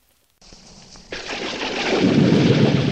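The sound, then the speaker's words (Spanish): After a moment of silence, a low roll of thunder breaks out and quickly swells into a steady, loud wash of heavy rain, growing denser over a few seconds with no voices, in the last scene of the film Plata Dulce. “Y de repente se larga a llover.”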